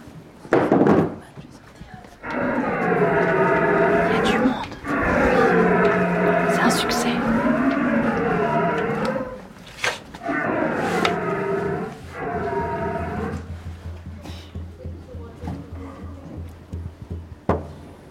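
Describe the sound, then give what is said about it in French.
A contestant performing before a jury imitates a young stag's bellow: three long, throaty, wavering calls whose pitch swoops up and down, preceded by a couple of dull thumps and followed by a low steady hum. “Donc, c'est le rêve du jeune cerf.”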